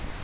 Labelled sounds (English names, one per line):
Virginia's Warbler flight call